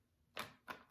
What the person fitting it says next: That time it clicked in perfect, very stable.